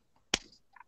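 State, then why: Seated. A network cable, which fits in only one orientation, is pushed into its jack or termination housing until it stops, and the part snaps shut with a sharp, bright click at 0.3 s. A much fainter tick follows near 0.8 s. The termination is finished and the cable is seated.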